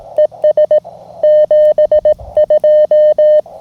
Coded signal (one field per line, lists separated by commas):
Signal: Morse code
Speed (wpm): 21 wpm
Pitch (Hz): 660 Hz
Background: none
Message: ES 72